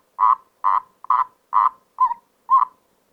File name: Erdkröte